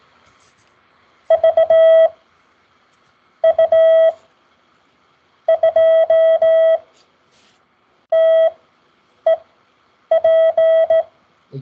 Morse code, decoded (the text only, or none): VU2TEP